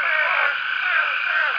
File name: hurterii